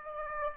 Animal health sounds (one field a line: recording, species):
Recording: mosquito wingbeat signal from an infrared sensor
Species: Aedes aegypti